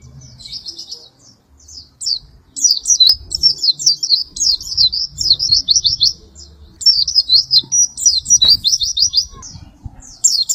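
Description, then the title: White-eye song: soft opening notes, then loud rapid high twittering runs repeated in two main bursts, with a quiet low rumble. "Pleci"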